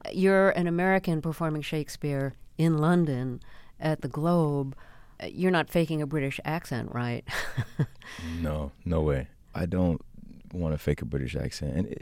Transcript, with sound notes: You're an American performing Shakespeare in London at the Globe. You're not faking a British accent, right? (Laughter).
No. No way. I don't want to fake a British accent.